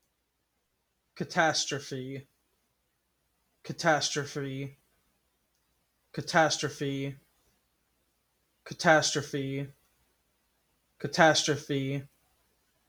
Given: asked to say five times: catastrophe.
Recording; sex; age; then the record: repeated word; male; 20 to 29 years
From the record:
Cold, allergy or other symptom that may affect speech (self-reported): no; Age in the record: 23 years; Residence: Illinois, United States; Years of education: 12